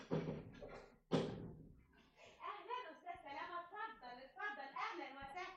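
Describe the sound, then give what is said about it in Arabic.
A door opens with two loud, sharp bangs about a second apart, then voices talk steadily over the rest of the moment. “شوف الباب”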